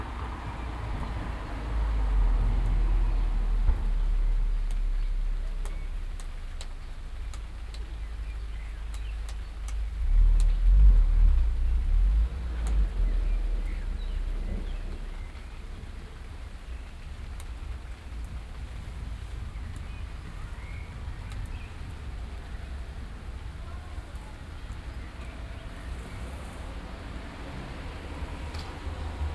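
Thunder rumbles low and heavy through the first half, swelling around the start and again near the ten-second mark before easing off. Cars pass by, and short sharp knocks like slamming doors crop up now and then. The second half settles into a quieter, steady background.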